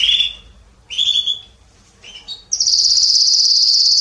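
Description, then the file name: Canary giving a few short whistled phrases, then a continuous high, rapid trill that runs to the end. "Canary Voice"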